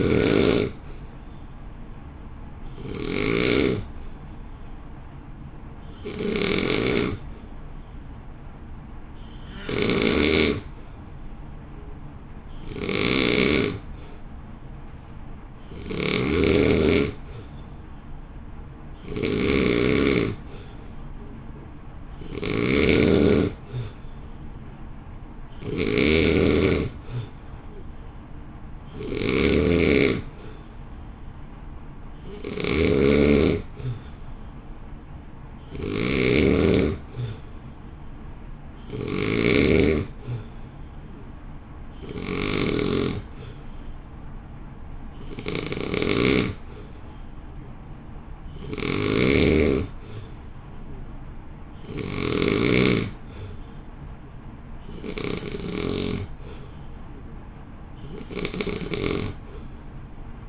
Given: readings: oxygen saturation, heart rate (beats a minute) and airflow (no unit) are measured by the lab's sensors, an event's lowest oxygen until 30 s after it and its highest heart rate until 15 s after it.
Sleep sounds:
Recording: breathing in sleep by a smartphone at the bedside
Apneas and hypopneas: none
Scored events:
none scored
From the record:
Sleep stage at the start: N2 (light sleep)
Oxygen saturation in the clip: 86 to 93%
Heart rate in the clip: 53 to 59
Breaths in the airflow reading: 21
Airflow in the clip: -1.2 to 1.2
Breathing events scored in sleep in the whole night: 328 in 6.3 hours asleep

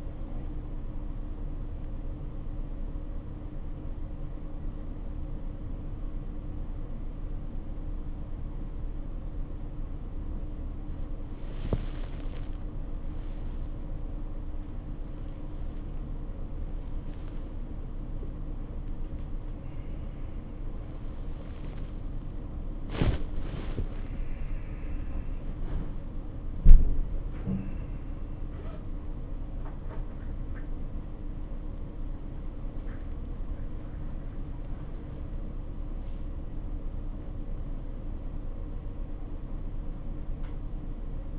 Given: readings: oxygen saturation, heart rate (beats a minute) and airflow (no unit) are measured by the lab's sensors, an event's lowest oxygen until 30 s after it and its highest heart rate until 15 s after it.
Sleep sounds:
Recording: a person awake in a sleep study, by a smartphone at the bedside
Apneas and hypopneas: none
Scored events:
0.00-41.39 s: awake
From the record:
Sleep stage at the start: awake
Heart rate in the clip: 62 to 82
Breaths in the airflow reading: 14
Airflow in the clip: -0.8 to 0.6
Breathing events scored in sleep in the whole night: 520 in 7.2 hours asleep

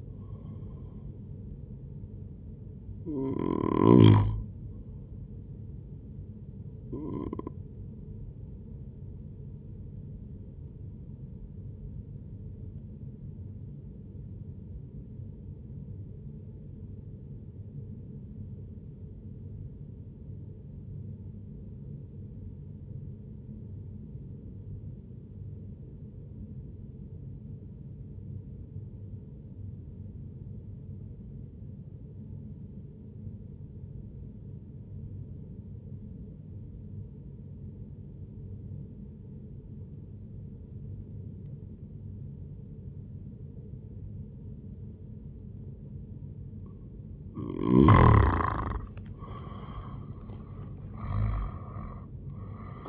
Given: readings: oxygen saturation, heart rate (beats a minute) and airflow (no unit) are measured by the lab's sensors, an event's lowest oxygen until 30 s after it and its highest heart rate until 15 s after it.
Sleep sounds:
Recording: breathing in sleep by a smartphone at the bedside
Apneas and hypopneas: 1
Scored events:
9.00-47.90 s: hypopnea (N1, oxygen 97% highest, then 91% lowest, heart rate 71 at the start, 82 highest)
From the record:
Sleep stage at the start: N1 (lightest sleep)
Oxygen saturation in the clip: 90 to 97%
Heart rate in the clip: 60 to 79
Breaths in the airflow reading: 6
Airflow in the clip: -8.9 to 12.4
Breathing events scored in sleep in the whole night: 131 in 7.2 hours asleep

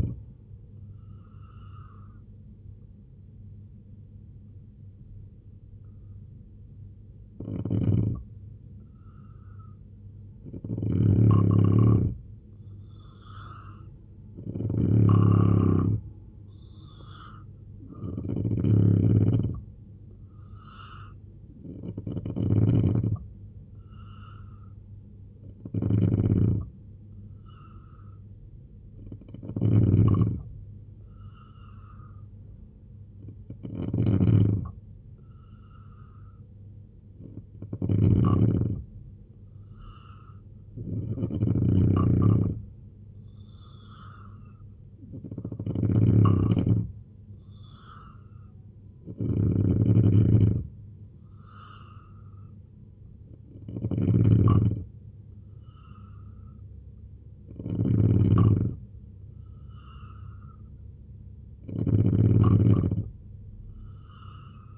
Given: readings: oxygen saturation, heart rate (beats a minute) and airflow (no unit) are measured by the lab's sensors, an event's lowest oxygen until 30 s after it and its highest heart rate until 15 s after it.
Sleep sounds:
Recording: breathing in sleep by a smartphone at the bedside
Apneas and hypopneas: 2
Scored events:
2.00-62.00 s: new sleep stage, N2 (light sleep)
5.00-16.70 s: hypopnea (N2, oxygen 90% highest, then 86% lowest, heart rate 73 at the start, 80 highest)
23.00-36.90 s: hypopnea (N2, oxygen 89% highest, then 86% lowest, heart rate 80 at the start, 80 highest)
62.00-64.77 s: new sleep stage, N3 (deep sleep)
From the record:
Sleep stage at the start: N3 (deep sleep)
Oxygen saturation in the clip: 86 to 90%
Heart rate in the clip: 68 to 80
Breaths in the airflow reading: 15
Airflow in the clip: -3.3 to 5.6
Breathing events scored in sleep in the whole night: 258 in 7.4 hours asleep

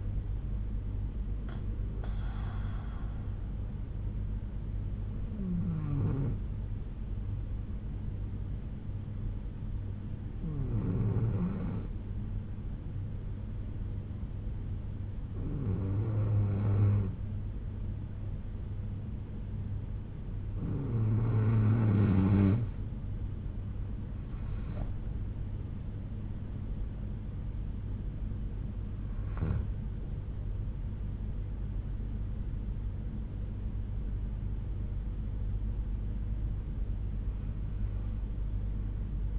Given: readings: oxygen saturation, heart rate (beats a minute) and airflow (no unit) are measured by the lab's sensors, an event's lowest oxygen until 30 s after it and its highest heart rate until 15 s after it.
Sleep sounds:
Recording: breathing in sleep by a smartphone at the bedside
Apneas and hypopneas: 1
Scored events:
6.00-24.20 s: hypopnea (N2, oxygen 94% highest, then 90% lowest, heart rate 63 at the start, 76 highest)
From the record:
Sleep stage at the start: N2 (light sleep)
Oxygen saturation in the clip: 91 to 94%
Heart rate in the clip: 60 to 76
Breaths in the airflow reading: 7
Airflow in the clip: -7.3 to 8.3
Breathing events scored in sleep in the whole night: 368 in 8.0 hours asleep

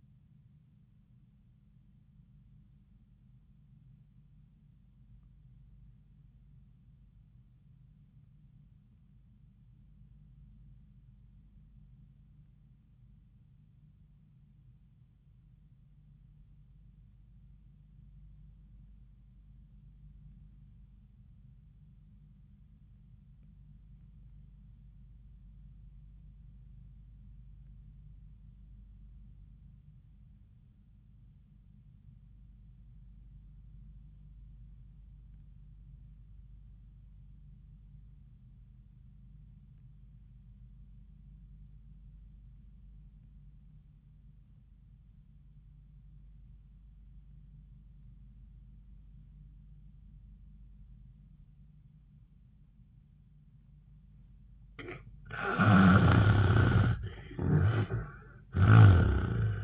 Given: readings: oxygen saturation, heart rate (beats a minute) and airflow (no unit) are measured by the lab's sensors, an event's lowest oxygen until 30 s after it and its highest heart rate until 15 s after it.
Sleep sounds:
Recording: breathing in sleep by a smartphone at the bedside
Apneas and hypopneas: 1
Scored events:
3.00-54.60 s: obstructive apnea (REM, oxygen 92% highest, then 63% lowest, heart rate 65 at the start, 85 highest)
48.00-59.64 s: new sleep stage, N1 (lightest sleep)
From the record:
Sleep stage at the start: REM sleep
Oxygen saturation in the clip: 68 to 92%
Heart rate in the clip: 55 to 73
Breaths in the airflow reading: 1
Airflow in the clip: -34.0 to 10.4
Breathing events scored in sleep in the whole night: 400 in 8.7 hours asleep

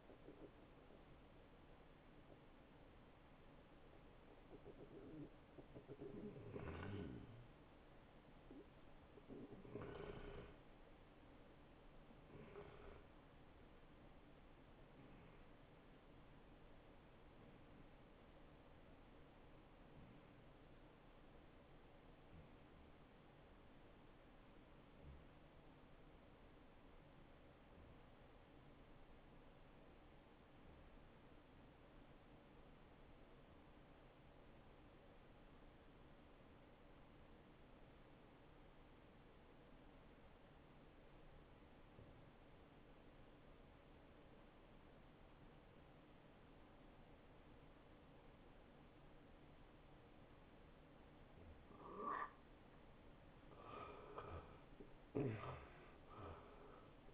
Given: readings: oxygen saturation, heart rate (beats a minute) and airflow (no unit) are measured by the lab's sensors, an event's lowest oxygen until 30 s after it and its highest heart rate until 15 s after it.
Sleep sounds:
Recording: breathing in sleep by a voice recorder at the bedside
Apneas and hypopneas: 1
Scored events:
18.00-52.30 s: obstructive apnea (N1, oxygen 91% highest, then 70% lowest, heart rate 84 at the start, 91 highest)
21.00-51.00 s: new sleep stage, REM sleep
51.00-57.14 s: new sleep stage, N1 (lightest sleep)
From the record:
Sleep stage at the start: N1 (lightest sleep)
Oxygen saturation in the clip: 68 to 91%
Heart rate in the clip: 69 to 87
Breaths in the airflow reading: 6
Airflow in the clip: -17.7 to 7.7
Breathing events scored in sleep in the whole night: 263 in 5.5 hours asleep

